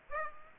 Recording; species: mosquito wingbeat signal from an infrared sensor; Aedes aegypti